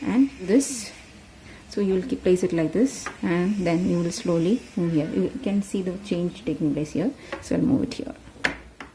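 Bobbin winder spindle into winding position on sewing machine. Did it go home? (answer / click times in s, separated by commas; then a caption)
yes / 8.5 s. Someone talks while the bobbin winder spindle of a Bernette Sew and Go 8 sewing machine, with the bobbin on it, is pushed across into the winding position. It gives a sharp click at 8.5 s as it seats, and the bobbin thread symbol then shows on the display.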